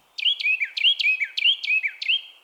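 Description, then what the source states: Carolina Wren song: a loud, rolling series of several quick repeated phrases, each with sharp downslurred notes dropping into a ringing whistle, delivered in a steady rhythm. Example of a species that a wildlife-friendly garden offers habitat to.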